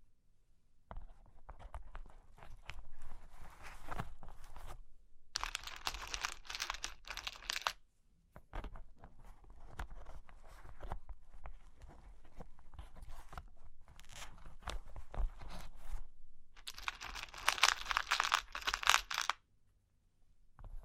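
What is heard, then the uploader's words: Dry tapping and scratching on cork and wood, with dense clusters of small clicks and rubs separated by brief silences. Two brighter, rougher passages of steady scraping stand out, around five to eight seconds and again from about seventeen to nineteen seconds. ASMR Sleepy Cork and Wood Tapping, Scratching, Tracing (No Talking).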